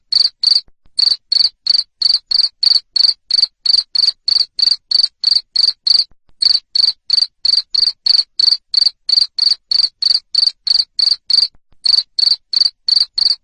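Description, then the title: Cricket in a sustained run of loud, high, buzzy chirps, evenly spaced about three per second, with a few momentary breaks. Loud cricket chirping (ngerik) used to stimulate lovebirds to sing continuously (ngekek). "Suara JANGKRIK NGERIK Keras Bikin LOVEBIRD Jadi NGEKEK Terus Vubey"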